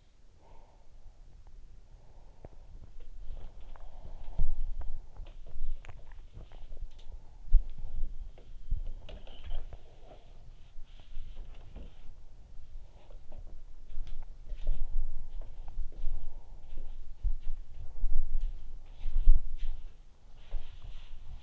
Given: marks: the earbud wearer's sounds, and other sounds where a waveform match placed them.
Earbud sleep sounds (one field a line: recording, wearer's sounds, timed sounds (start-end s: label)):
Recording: sounds in sleep by an in-ear microphone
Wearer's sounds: breath, body movement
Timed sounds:
0.00-1.87 s: breath
1.71-21.42 s: body movement